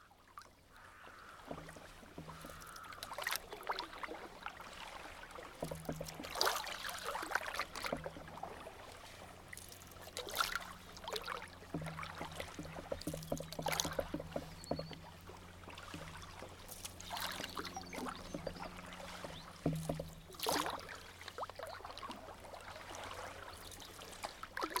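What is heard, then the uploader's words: Paddle strokes swish through the water on a river, soft splashing bursts arriving every second or two in a loose, unhurried rhythm. A low, wavering hum sits underneath much of the time, and a brief faint peep sounds near the middle. Sound Escape 129: Paddle your way gently down the River Wye. This week we're paddleboarding on the River Wye. Be lulled by the gentle, rhythmic swish of the paddle blade. The water swirls around you, shoals of fish shoot away from your bow, birds peep from the stooping alders.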